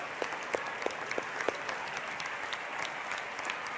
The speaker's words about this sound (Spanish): Y pido que les demos un aplauso a estas compañeras.